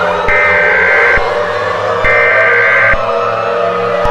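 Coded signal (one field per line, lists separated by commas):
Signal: Emergency Alert System (SAME) tones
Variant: header bursts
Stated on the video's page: Fictional scenario containing valid EAS tones.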